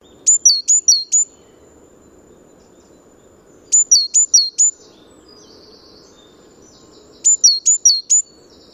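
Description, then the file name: Great tit singing short phrases of about four sharp high-low double notes, repeated roughly every three and a half seconds over a low steady background hum. "Parus major"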